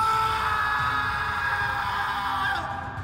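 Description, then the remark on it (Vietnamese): A man lets out a loud, sustained battle shout, holding one strained, steady pitch for over two seconds before it breaks off abruptly, with no other voices. “Lập tức hắn điền gồng mình, hét lên một tiếng vang trời.”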